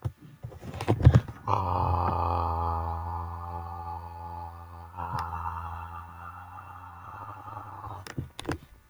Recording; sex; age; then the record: vowel held as long as possible; male; 20 to 29 years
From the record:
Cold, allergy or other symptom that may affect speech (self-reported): no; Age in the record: 26 years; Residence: United States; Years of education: 16